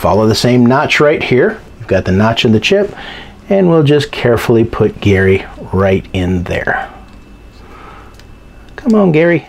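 Someone talks while carefully lining up the Gary custom chip by its notch over its socket during an Amiga 2 MB chip RAM upgrade, getting it ready to push home. Only faint, brief handling ticks are heard near the end. Nothing has seated or clicked yet.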